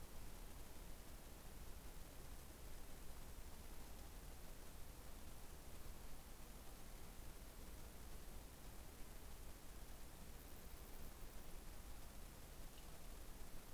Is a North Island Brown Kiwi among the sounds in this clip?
no